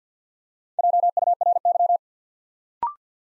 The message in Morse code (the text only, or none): JURY